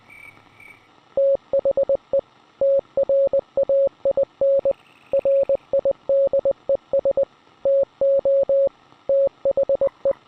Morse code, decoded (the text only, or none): THE TRAIN RIDES TO THE